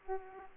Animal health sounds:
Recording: mosquito wingbeat signal from an infrared sensor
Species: Aedes aegypti

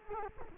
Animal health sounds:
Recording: mosquito wingbeat signal from an infrared sensor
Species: Culex quinquefasciatus

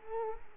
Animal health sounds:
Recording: mosquito wingbeat signal from an infrared sensor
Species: Culex quinquefasciatus

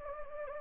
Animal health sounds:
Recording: mosquito wingbeat signal from an infrared sensor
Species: Anopheles gambiae

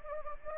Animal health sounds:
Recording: mosquito wingbeat signal from an infrared sensor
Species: Anopheles gambiae

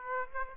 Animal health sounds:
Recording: mosquito wingbeat signal from an infrared sensor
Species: Aedes aegypti

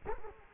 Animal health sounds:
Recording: mosquito wingbeat signal from an infrared sensor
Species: Culex quinquefasciatus

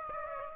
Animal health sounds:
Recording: mosquito wingbeat signal from an infrared sensor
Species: Aedes aegypti

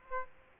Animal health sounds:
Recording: mosquito wingbeat signal from an infrared sensor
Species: Aedes aegypti

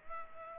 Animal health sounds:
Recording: mosquito wingbeat signal from an infrared sensor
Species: Culex pipiens

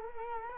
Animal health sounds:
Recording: mosquito wingbeat signal from an infrared sensor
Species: Culex quinquefasciatus

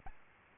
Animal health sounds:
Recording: mosquito wingbeat signal from an infrared sensor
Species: Aedes albopictus

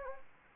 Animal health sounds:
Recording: mosquito wingbeat signal from an infrared sensor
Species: Anopheles arabiensis

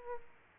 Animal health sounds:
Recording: mosquito wingbeat signal from an infrared sensor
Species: Aedes aegypti

